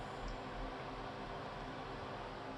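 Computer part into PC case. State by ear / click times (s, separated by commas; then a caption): not seated / none. A computer part is being lined up inside a PC case before it is seated. Only a steady broadband hiss with a faint low hum is heard, with no distinct hits. Nothing has clicked into place yet.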